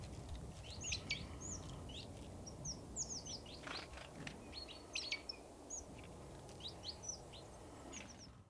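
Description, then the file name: Great tit calls: rapid sharp chirps and downward-sweeping high notes, clustered and irregular, with steady low noise underneath. "Parus major"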